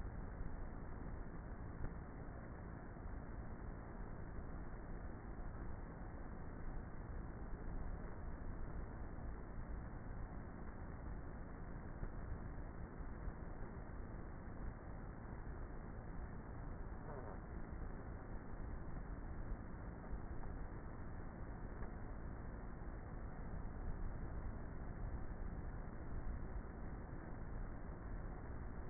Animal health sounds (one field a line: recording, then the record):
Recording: honeybee colony, microphone inside the hive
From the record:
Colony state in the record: queenless with a low population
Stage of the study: before two queens were removed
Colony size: about 30,000 bees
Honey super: no